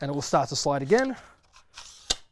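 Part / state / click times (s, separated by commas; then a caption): lock pin of a telescopic drape crossbar into the full-extension hole / seated / 2.1 s. Someone talks, then the metal telescopic drape crossbar is slid out further after its lock piece has been pushed in, with soft sliding noises. A sharp click at 2.1 s is the lock pin seating in the full-extension hole, its second click, locking the crossbar at its full 3 meter extension.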